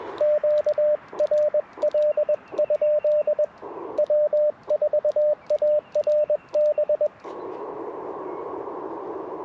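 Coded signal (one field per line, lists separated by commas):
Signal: Morse code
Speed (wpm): 21 wpm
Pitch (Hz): 600 Hz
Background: radio noise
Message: QRL? W4ARB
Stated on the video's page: QRP CW Parks on the Air activation on 40m and 20m, using an Icom IC-705, Alex Loop antenna and Modern Morse Nameless key.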